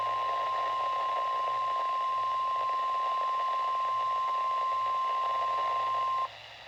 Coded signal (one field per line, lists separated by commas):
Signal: Emergency Alert System (SAME) tones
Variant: 1050 Hz attention tone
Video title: EAS Alerts from 4/22/2023 (EAS #13-22)